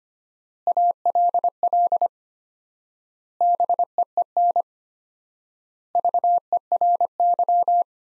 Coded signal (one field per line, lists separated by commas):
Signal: Morse code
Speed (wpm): 25 wpm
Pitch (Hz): 700 Hz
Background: none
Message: ALL BEEN VERY